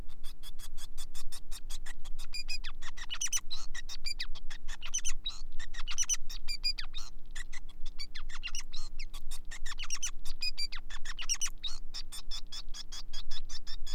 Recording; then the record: song of a male Bengalese finch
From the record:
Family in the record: son of father 5